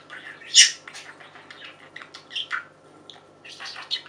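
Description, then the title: Budgerigar warbling chatter with an early loud squawk, followed by soft chirps and scratchy notes. "Budgie Sounds"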